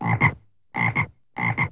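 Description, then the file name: Frog croaking: three double-pulsed, resonant croaks in quick succession, each pair repeated roughly every two-thirds of a second against a quiet background. "vis frog"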